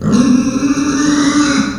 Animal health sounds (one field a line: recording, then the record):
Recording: squeal of a Yucatan mini pig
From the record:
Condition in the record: after surgery on the right vocal fold (resection and tissue-engineered implant)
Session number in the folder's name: 9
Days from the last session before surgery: 65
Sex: female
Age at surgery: 19 weeks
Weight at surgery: 25 kg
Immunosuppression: prednisolone